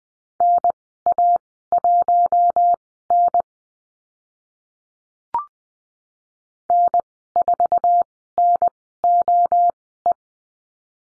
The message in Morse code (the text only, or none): NA1N N4NOE